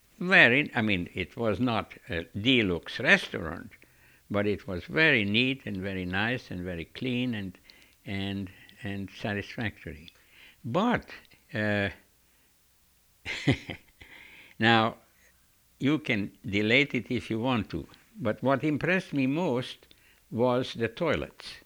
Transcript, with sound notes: very, I mean, it was not a deluxe restaurant but it was very neat and very nice and very clean and, and, and satisfactory. But, (he laughs) now, you can delete it if you want but what impressed me most was the toilets.